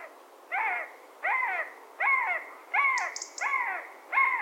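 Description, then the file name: Eurasian jay giving nasal, harmonic, arched calls, six in a steady series about every three-quarters of a second, with a brief high thin note sequence in the middle. "Garrulus glandarius"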